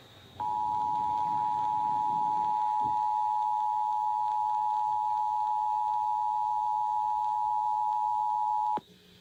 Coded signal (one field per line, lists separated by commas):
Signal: Emergency Alert System (SAME) tones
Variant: 853 and 960 Hz attention tone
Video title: Iowa EAS Required Monthly Tests (April 3, 2019)